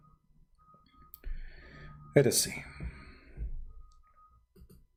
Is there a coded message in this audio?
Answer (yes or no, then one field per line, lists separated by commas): no